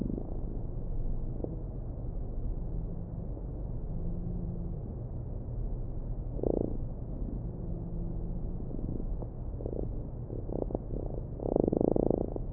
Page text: The love song of a fly. Research Institute of Molecular Pathology (IMP)